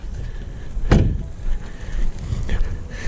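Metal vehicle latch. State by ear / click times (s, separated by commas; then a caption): released / 0.9 s, 2.5 s. Two pulls on the interior hood release lever of a BMW 330 xDrive produce sharp latch clicks at 0.9 s and 2.5 s over a steady low rumble. The hood latch releases with no secondary latch to open.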